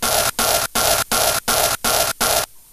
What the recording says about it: Recorded it on my iPhone. I singled out just one of the little heartbeats. I put it onto my Game Boy. Prenatal heartbeat.